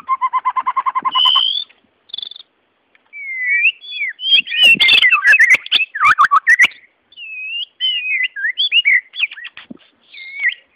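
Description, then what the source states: White-rumped shama singing: opens with a fast buzzy rattle of repeated notes, then clear whistled slurs mixed with harsh clicks and short twittering phrases. Wild forest bird; its original, natural song.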